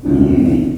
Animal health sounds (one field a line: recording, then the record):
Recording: squeal of a Yucatan mini pig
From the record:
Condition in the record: after surgery on the right vocal fold (resection and tissue-engineered implant)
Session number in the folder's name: 1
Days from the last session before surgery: 13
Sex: female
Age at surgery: 19 weeks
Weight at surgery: 25 kg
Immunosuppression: prednisolone